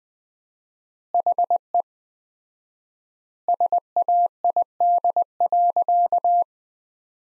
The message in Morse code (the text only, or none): HE SAID.